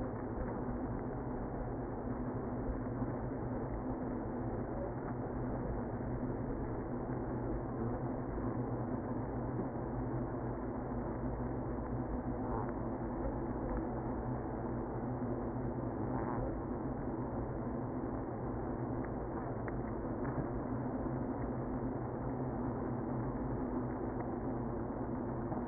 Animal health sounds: honeybee colony, microphone inside the hive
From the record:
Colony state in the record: queenless (queen removed); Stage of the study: after two queens were removed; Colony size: about 60,000 bees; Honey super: yes

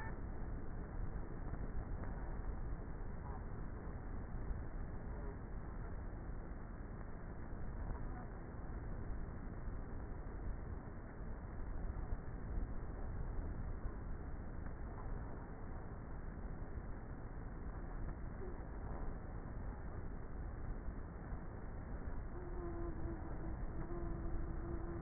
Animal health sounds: honeybee colony, microphone inside the hive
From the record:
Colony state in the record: queenless with a low population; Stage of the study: before two queens were removed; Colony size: about 30,000 bees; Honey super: no

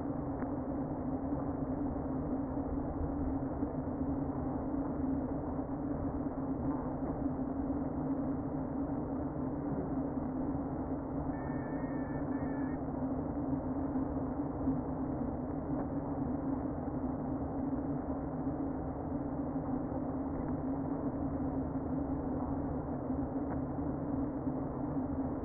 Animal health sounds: honeybee colony, microphone inside the hive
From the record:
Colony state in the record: queen present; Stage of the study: before two queens were removed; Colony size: about 60,000 bees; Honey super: yes

